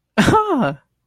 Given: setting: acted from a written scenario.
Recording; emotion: vocal sound without words; positive surprise